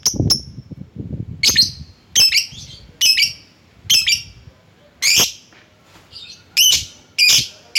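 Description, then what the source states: Lovebird calls: loud harsh screeching squawks repeated roughly every second, with low clatter at the start. Calling a rival.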